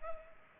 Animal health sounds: mosquito wingbeat signal from an infrared sensor; Culex pipiens

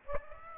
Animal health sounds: mosquito wingbeat signal from an infrared sensor; Aedes aegypti

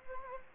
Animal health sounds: mosquito wingbeat signal from an infrared sensor; Anopheles gambiae

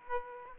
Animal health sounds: mosquito wingbeat signal from an infrared sensor; Aedes aegypti

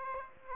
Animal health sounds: mosquito wingbeat signal from an infrared sensor; Aedes aegypti

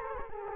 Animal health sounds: mosquito wingbeat signal from an infrared sensor; Culex quinquefasciatus

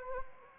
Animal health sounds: mosquito wingbeat signal from an infrared sensor; Anopheles arabiensis

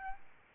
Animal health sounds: mosquito wingbeat signal from an infrared sensor; Aedes albopictus

